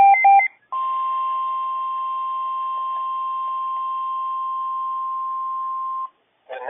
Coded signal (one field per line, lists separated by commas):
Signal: Emergency Alert System (SAME) tones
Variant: 1050 Hz attention tone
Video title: Some EAS alerts from the 3/16/26 “Moderate/Level 4” Risk - EAS #1,012-1,020